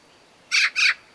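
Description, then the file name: Eurasian magpie uttering a quick double rasp, coarse and noisy, against a quiet background. "Pica pica"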